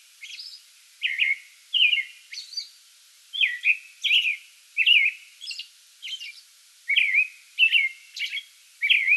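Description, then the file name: American robin song, a series of rich whistled phrases and high squeaky notes, starting softly then continuing in bursts with short pauses. Song bout recorded 8 May 2022. "2022-05-08 American Robin song bout"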